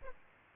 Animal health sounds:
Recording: mosquito wingbeat signal from an infrared sensor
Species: Aedes aegypti

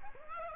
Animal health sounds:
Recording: mosquito wingbeat signal from an infrared sensor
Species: Aedes aegypti

